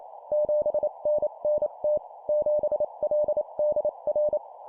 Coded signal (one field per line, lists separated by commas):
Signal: Morse code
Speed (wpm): 28 wpm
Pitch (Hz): 600 Hz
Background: none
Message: 7NNT 7LDR